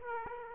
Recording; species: mosquito wingbeat signal from an infrared sensor; Aedes aegypti